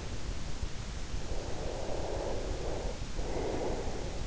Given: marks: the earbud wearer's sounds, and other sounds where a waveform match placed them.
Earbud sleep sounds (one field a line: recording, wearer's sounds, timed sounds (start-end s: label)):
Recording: sounds in sleep by an in-ear microphone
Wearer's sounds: breath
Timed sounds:
1.31-4.19 s: breath